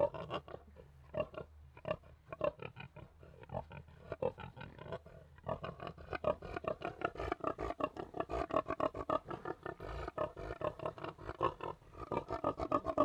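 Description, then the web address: Tamworth pigs grunting in a dense, rapid stream of rough, throaty pulses that grows louder through the second half. Tamworth breed; three pigs grunting. "BBC Sound Effects Library. Three Tamworth Pigs Grunting In"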